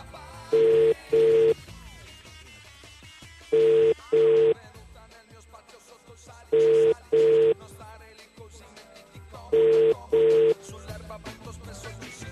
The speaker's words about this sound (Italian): Quando c'è un telefono che squilla. Qualcuno trema?